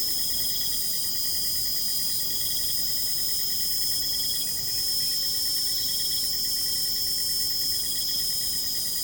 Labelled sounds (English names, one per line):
none